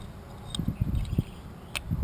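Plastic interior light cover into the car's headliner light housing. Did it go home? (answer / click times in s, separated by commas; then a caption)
no / none. A plastic interior light cover is being handled at the headliner light housing of a 2014 Mazda 6 after a new LED bulb has been installed. Low rustling and handling noises are broken by sharp ticks at about 0.6 s and 1.8 s, with softer taps near 1.1 s and 1.2 s. The cover has not snapped in or seated yet.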